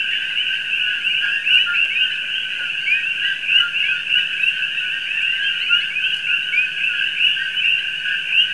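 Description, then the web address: Coquí frogs call together in a continuous shrill chorus, an unbroken band of sound with gentle swells in loudness. "Audio Coqui"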